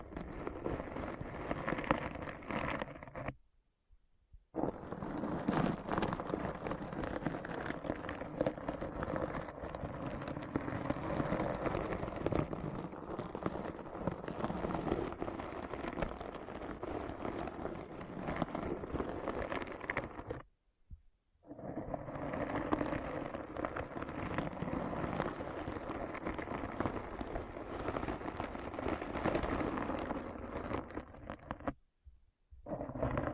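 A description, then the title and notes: Dense, steady ASMR scratching runs without pause, a rough crackly rasp broken by three brief silences near four, twenty-one and thirty-two seconds. ASMR Deep Brain Scratch (No Talking).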